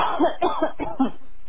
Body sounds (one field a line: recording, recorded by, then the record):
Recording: voluntary cough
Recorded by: telephone call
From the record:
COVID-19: positive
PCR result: self-reported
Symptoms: no